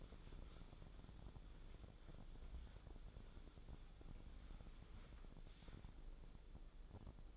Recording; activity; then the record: daily activity, microphone in the room; wipe stove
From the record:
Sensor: 5